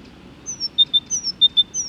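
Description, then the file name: Great tit giving clear whistled phrases, high notes dropping to two lower notes, repeated quickly twice and starting a third time. "Great Tit (Parus major)"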